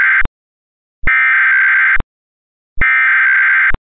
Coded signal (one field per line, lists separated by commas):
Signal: Emergency Alert System (SAME) tones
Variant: header bursts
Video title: EAS Mock: Nyan Cat